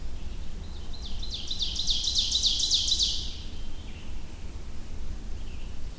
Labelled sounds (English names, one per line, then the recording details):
Ovenbird song
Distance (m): 30 m
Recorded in boreal forest in Alberta, Canada, on 21 June 2016 at 06:03
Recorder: SongMeter 3, array SBT-6-76
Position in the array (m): 282 m, 103 m
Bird 1